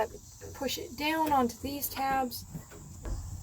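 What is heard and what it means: A refurbished plastic cabin air vent from a 1999–2007 first-generation Ford Super Duty truck, kept because replacements of this older style are discontinued, is handled and pushed down toward the body tabs behind the pillar trim of the truck cab opening. Someone talks throughout, with a brief louder sound near 3.1 s. The vent has not yet snapped onto the tabs, and nothing has seated or clicked yet.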